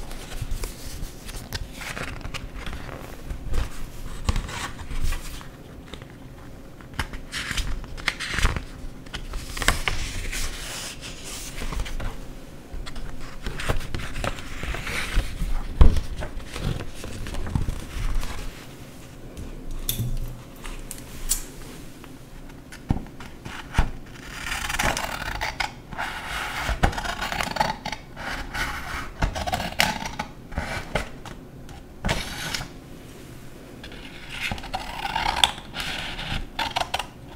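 Paper is cut with scissors, then torn and crumpled, in a dense run of crisp snips, rips and rustles. Short sharp bursts come irregularly throughout, with a longer stretch of bright crackling rustle around 24 to 30 seconds and a thud near 16 seconds.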